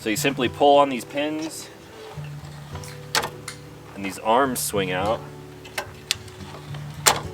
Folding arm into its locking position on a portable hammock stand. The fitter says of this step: and lock into place.